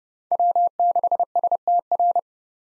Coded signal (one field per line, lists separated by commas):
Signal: Morse code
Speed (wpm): 30 wpm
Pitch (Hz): 700 Hz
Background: none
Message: W6STR